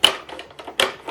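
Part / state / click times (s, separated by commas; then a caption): ink cartridge into printer carriage slot / seated / 0.8 s. An ink cartridge is pushed back up into the carriage slot of an HP DeskJet 2700, Plus 4100, DeskJet 3700 or Envy 6000 series printer. A sharp snap sounds at the start, followed by quieter rattles and scrapes. A second loud click at 0.8 s marks the cartridge latching, and it is confirmed as seated.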